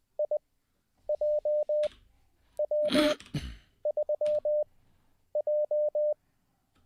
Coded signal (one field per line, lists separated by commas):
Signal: Morse code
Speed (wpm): 20 wpm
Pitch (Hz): 600 Hz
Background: none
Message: IJW3J